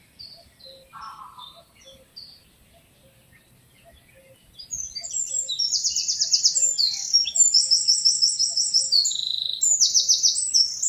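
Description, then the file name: Eurasian wren song: soft scattered chirps, then a loud, rapid burst of high trills and buzzy rattles that runs to the end, with a faint low note repeating steadily underneath. "Troglodytes troglodytes"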